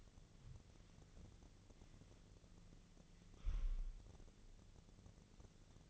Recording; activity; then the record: daily activity, microphone in the room; wipe stove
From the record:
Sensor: 4